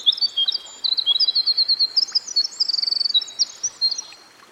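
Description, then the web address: Winter wren giving a long, high, sparkling song of quick notes and rapid trills, trailing off near the end, above a steady background hiss. Recorded by a stream. "Dan Gibson Songbirds By The Stream Winter Wren"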